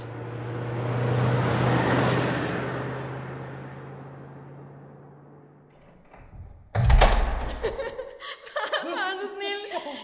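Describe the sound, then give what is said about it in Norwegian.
A car's steady engine rumble with a low hum swells and then slowly fades over several seconds, followed by a sudden loud knock and excited voices with chuckling. “Hva det bilen?”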